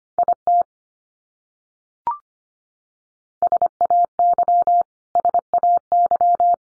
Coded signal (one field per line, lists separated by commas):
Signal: Morse code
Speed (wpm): 25 wpm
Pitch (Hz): 700 Hz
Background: none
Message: IT SAY SAY